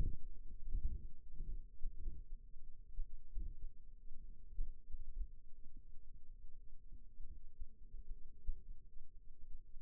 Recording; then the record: forearm muscle sounds (acoustic myography)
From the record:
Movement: rest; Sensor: system 2, bracelet of six BSWA MPA416 microphones around the upper forearm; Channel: 2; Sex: male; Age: 22 years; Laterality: right